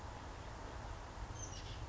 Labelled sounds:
Oak Titmouse
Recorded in Sonoma County, California

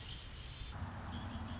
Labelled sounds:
Red-winged Blackbird
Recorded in Sonoma County, California

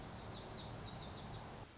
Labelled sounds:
Lazuli Bunting
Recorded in Sonoma County, California

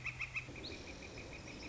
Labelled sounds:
Northern Flicker
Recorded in Sonoma County, California

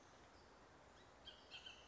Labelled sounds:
Bullock's Oriole
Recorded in Sonoma County, California

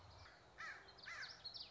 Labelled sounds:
Common Yellowthroat
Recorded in Sonoma County, California

